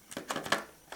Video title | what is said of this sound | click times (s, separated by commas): Nikon F5, Tour | and then turn it so you get the positive click and you become now sporting | 0.5 s